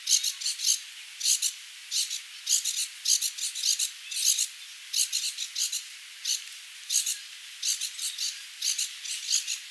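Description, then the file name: Acorn woodpecker giving harsh, scratchy call notes in quick uneven bursts, nearly two per second, high and raspy throughout with no other clear sounds. "Melanerpes formicivorus - Acorn Woodpecker"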